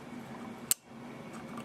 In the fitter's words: so just turn your pivot pin until you hear it snap in there